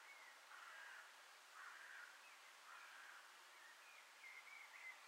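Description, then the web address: Common blackbird song, a few soft, low fluted warbling phrases, faint against a steady hiss. Singing from an antenna, recorded 6 June 2025. "sammel Naturinspelningar Koltrast på antennen 2025 06 06"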